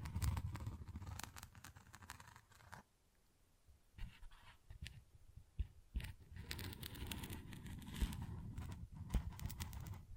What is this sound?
Tingly Textures Tapping and Scratching